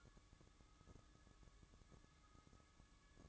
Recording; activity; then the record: daily activity, microphone in the room; take from stove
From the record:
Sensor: 3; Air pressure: 1008.0 hPa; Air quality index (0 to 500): 116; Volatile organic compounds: 1 ppm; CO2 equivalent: 966 ppm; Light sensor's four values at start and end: 8/19/8/7 and 8/19/8/7